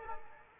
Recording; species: mosquito wingbeat signal from an infrared sensor; Aedes aegypti